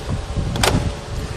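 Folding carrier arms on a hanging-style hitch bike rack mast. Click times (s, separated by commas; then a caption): 0.6 s. The latch at the top of the mast of a Saris Glide EX hanging-style hitch bike rack for 4 bikes, fitted on a 2014 Subaru XV Crosstrek, is pulled out, and the empty bike-carrying arms are guided down into their folded position. A faint tap at 0.55 s is followed by a sharp, bright click at 0.6 s. The latch catches and the arms are locked in the folded position.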